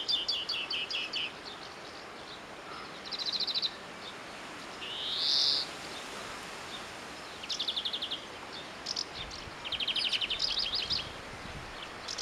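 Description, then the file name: European greenfinch giving quick buzzy twittering trills, one loud rising nasal wheeze midway, then more chattering trill bursts against a constant background hiss. "Chloris chloris"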